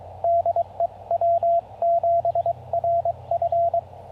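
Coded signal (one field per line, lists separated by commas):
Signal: Morse code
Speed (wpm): 20 wpm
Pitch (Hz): 700 Hz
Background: radio noise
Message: DE W7RF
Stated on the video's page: QRP Parks on the Air activation with a Yaesu FT-818ND into a 40-meter end-fed half-wave Spooltenna, keyed with a BaMaKeY TP-III.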